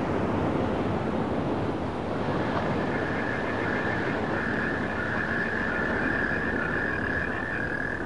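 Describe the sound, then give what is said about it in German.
Steady, rushing ocean waves and wind roar without a break as a state yacht heads out to sea through the Gulf of Cambay, and a high, rapidly pulsing trill joins partway through and holds to the end. “Wir fuhren mit dem Maharaja und ein paar kräftigen Typen von der Leibgarde in der Hoheit Staatsjacht aufs Meer hinaus, durch den Golf von Cambay, zu einer kleinen Insel im Pelin-Archipel.”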